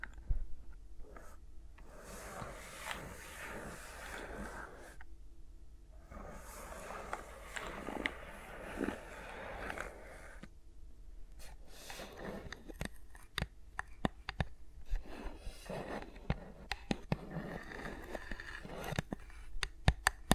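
Close ASMR finger sounds with microphones held around the fingers: soft rubbing and brushing swells in the first ten seconds, with brief pauses near two and five seconds. Later the rubbing grows busier, broken by sharp taps and clicks, with a low rumble underneath throughout.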